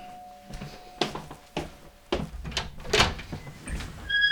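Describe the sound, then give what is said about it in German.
A door is opened with a thin, steady squeak running under a series of knocks and clunks, ending in a few higher-pitched squeals. “Boah, das quietscht ja wieder, das ist ja die Hölle.”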